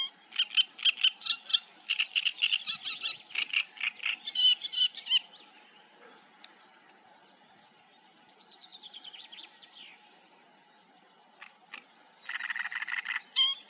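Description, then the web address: Great reed warbler song: grating, croaking phrases repeated quickly for five seconds, a quiet gap with thin high notes, then harsh chatter resumes. "ptaki trzciniak trzciniak"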